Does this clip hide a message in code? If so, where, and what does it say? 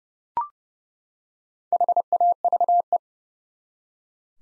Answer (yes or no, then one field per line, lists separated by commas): yes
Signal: Morse code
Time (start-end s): 1.7-3.0 s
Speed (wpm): 32 wpm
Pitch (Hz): 700 Hz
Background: none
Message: HAVE